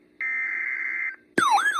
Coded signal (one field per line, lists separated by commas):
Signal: Emergency Alert System (SAME) tones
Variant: header bursts